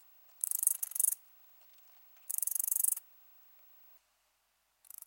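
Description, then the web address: Round-winged katydid song: high, rasping pulsed bursts about two-thirds of a second long, separated by pauses of over a second, a third burst starting at the end. "Crickets and Katydids. Roundwinged Katydid, Amblycorypha rotundifolia"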